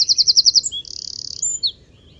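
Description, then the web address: Bird gives a fast repeated trill of several notes, then a dry buzzy rattle and a few short high chirps. "Deverinetal 2025 File origin Bird Only"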